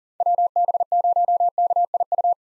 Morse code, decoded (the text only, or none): WB0KIU